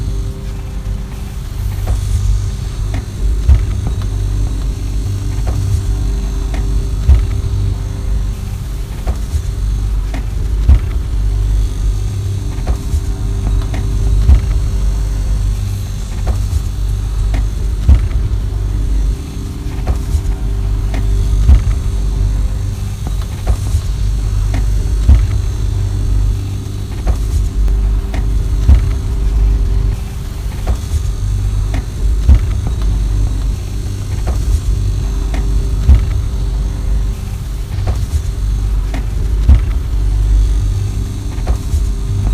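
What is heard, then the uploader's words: A fridge runs with a steady low hum and rumble that fills the whole clip without letup. Faint clicks and light ticks come through now and then, with a thin high whine sitting above the drone. Recording my frigo whit iphone, filtered whit some delay & reverb...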